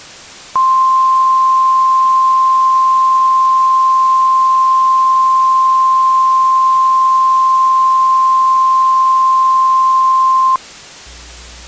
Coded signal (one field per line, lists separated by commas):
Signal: Emergency Alert System (SAME) tones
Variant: 1050 Hz attention tone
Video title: EAS scenario: the Blizzard part 1 (Thanksgiving 2017 EAS scenario)